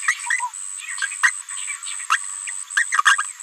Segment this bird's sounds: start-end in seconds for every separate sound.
0.08-0.14, 1.02-1.07, 1.23-1.30, 2.10-2.17, 2.77-2.85, 3.05-3.16, 3.18-3.23